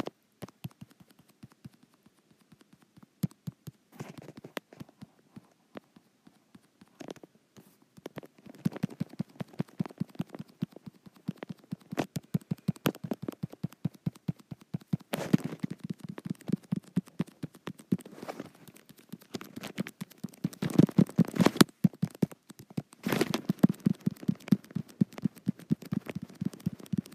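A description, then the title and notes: Fingers tap and brush across a touch screen in quick, uneven runs of small dry clicks. The taps are sparse and soft at first, then grow denser and louder after about eight seconds, with brief sharper bursts near 15, 21 and 23 seconds. ASMR Touch Screen.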